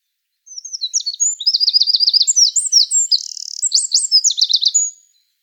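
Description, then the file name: Eurasian wren singing a rapid, high-pitched burst of tumbling notes and machine-gun trills for about four and a half seconds, with clean silence before and after. "Troglodytes troglodytes"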